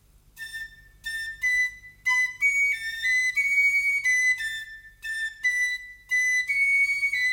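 A little tune whistled with pursed lips through the opening of a small key held against them, bright and slightly reedy, starting with short separate notes and flowing into longer held, gently bending tones, with no voices.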